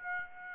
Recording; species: mosquito wingbeat signal from an infrared sensor; Aedes aegypti